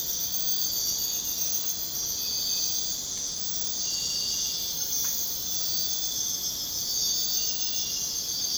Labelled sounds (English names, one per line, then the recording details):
none
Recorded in secondary vegetation near Puerto Asís, Putumayo, Colombia, on 23 June 2025 at 04:30
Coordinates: 0.484, -76.319
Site G074